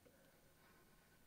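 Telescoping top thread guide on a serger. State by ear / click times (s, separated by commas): not seated / none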